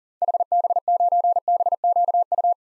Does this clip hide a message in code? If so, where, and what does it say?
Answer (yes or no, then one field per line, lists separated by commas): yes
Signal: Morse code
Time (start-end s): 0.2-2.5 s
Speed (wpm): 40 wpm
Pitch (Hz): 700 Hz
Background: none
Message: HB9BQU